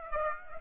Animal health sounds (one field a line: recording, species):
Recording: mosquito wingbeat signal from an infrared sensor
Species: Aedes aegypti